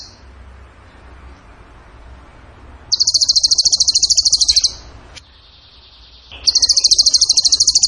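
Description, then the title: Bird singing high, machine-gun-like trills in two long bursts separated by a quieter gap with a faint thin whistle. Masteran (training recording) of a bird singing in the tembakan gacor style. "Masteran Burung Tembakan Gacor"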